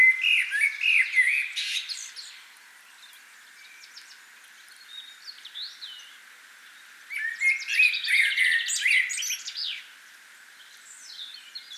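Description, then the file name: Common blackbird giving two separate song phrases of fluted warbling mixed with high, squeaky twittering, with a quieter gap between them. "Turdus merula"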